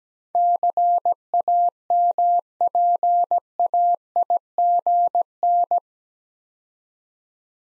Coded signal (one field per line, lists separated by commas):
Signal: Morse code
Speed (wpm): 17 wpm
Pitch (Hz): 700 Hz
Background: none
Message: CAMPAIGN